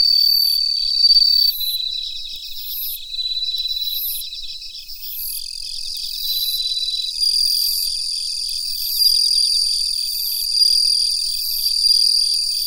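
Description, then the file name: Bell cricket, repeated rising ringing chirps throughout, over a dense background of shrill trilling and steady high tones from many insects. "Suzumushi Mitsukado"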